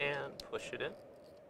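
A memory module is being handled at a motherboard DIMM slot while someone talks, with brief soft transients near 0.4 s and a short tick at about 1.5 s. The module has not seated or clicked into the slot yet.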